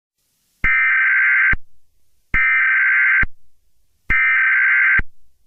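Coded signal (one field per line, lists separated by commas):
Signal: Emergency Alert System (SAME) tones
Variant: header bursts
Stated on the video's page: Fictional EAS scenario about SCP-096, not a real alert.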